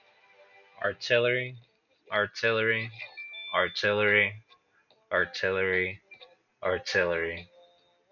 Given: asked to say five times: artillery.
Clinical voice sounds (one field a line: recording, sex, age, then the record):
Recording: repeated word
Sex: male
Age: 20 to 29 years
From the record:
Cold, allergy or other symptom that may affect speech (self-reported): no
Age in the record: 28 years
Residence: Texas, United States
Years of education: 16